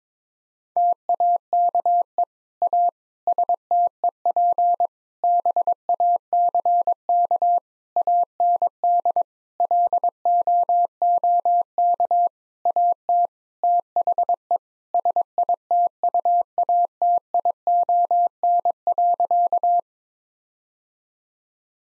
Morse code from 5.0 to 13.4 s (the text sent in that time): BACK AND LOOK AT